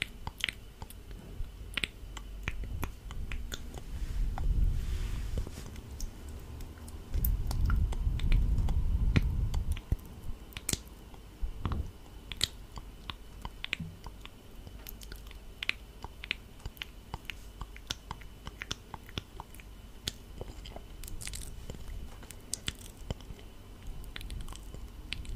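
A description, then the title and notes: Close-up mouth sounds: frequent small wet clicks, smacks and squishy chewing noises scattered throughout, sharp and near. Around five seconds and again from seven to ten seconds a louder low rumbling swell rises beneath them, then the clicks continue sparsely. ASMR Heavenly Close MOUTH SOUNDS.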